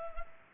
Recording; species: mosquito wingbeat signal from an infrared sensor; Culex pipiens